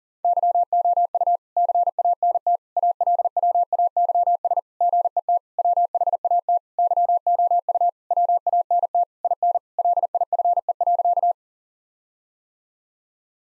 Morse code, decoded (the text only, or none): YOU CANT ALWAYS GET WHAT YOU WANT IN LIFE.